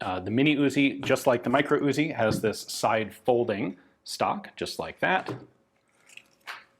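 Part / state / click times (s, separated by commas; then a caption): side-folding stock into its locked position on a submachine gun receiver / seated / 6.2 s. Someone talks while the side-folding metal stock of a Mini Uzi submachine gun is flipped out from the receiver. A sharp click at 6.2 s marks the stock snapping into its locked open position, and it is confirmed seated.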